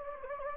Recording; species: mosquito wingbeat signal from an infrared sensor; Anopheles gambiae